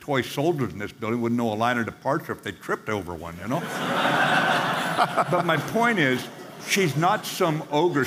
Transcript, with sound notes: There’s toy soldiers in this building who wouldn’t know a line of departure if they tripped over one, you know? (laughing) But my point is, she’s not some ogre.